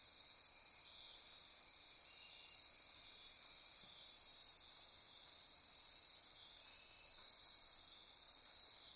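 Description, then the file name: Insect chorus, a dense steady high-pitched trilling and shimmering buzz, unbroken throughout. Insect chorus recorded at midnight near Corcovado. "Wind-is-the-Original-Radio-Fridays Andy-Martin Midnight-Insect-Chorus-Near-Corcovado"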